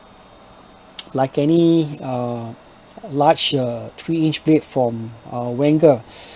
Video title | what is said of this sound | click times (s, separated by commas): Daily carry knives - Wenger Ranger Official World Scout Knife | blade locks in place once you deploy like | 1.0 s